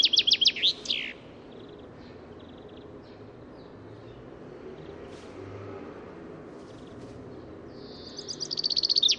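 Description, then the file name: Common chaffinch song, a phrase ending in a flourish at the start, a long quiet gap with faint chirps, then another trill beginning at the end. "Fringilla coelebs"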